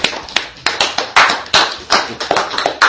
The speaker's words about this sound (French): Applaudissons pour l'ancien ici-là.